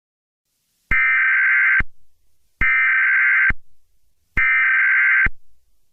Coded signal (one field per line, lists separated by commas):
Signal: Emergency Alert System (SAME) tones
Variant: header bursts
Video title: EAS Scenario: Transfur Infection (Based on Changed) (PART 1)